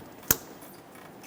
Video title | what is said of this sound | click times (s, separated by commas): How to Replace Fuel Pressure Regulator 1999-2006 Chevrolet Silverado 1500 4.3L V6 | I got a nice click from that. | 0.3 s